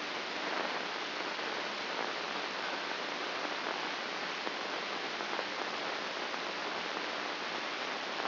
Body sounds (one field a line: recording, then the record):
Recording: brain microelectrode recording played as sound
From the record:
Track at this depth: outside the subthalamic nucleus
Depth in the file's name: 6.829 mm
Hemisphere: left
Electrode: 2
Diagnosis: Parkinson's disease